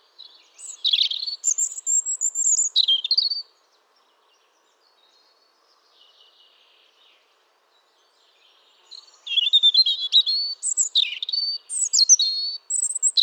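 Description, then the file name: European robin song in two bursts of high, varied warbling with sweet whistled notes and quick trills, separated by a few seconds of near silence with faint notes. "Erithacus rubecula"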